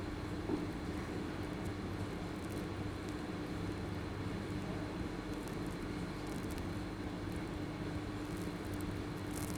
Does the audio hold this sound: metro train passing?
yes